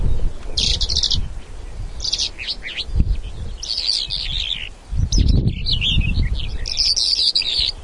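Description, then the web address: Bimaculated lark giving bursts of high, twittering, warbled notes in short phrases, with low wind rumble underneath. "two spotted lark call"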